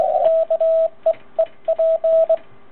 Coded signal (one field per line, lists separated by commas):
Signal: Morse code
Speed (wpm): 20 wpm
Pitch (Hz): 650 Hz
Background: radio noise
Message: KEEP